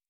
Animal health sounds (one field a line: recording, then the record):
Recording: hydrophone in a shrimp aquaculture tank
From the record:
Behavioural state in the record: normal